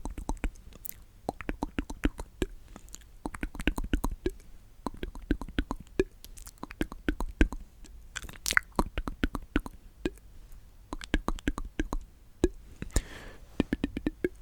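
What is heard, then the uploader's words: Wet mouth sounds come in quick runs of sharp clicks and smacks, each lasting a second or two with brief quiet gaps between. The clicks are crisp and bright, and a soft low rumble sits underneath throughout. ASMR The MOST Tingly MOUTH Sounds.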